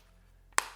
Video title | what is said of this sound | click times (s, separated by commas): Amazon Best Selling Tozo T10 Wireless Earbuds for $30 / Are they worth it? | satisfying snap that you get when you open and close the case | 0.6 s